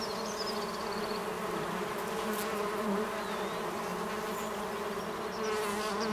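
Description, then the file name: Honey bee colony buzzing as a continuous low drone, unbroken throughout, with a few faint high notes. Honey bees inside the hive, 18 March 2007. "20070318 Hive"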